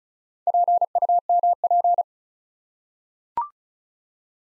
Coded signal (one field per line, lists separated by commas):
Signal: Morse code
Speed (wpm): 36 wpm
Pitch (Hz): 700 Hz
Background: none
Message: PUMP